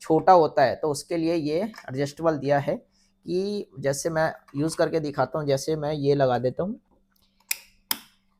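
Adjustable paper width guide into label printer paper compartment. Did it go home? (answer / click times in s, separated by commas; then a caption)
yes / 7.5 s, 7.9 s. Someone talks while fitting the adjustable plastic paper-width guide, meant for narrower paper, into the holes inside the paper bay of a Future Pos 58D label printer so its pins engage. After a short pause, two sharp clicks ring out at 7.5 s and 7.9 s. The guide is seated and locked in place and will not move.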